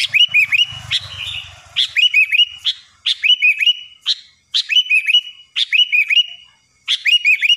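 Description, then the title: Sooty-headed bulbul song: a steady run of bright, looping whistled phrases, each under a second, repeated almost without pause; a low rumble briefly underneath at the start. "Kutilang"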